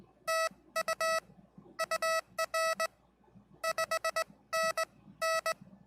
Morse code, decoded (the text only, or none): TU UR 5NN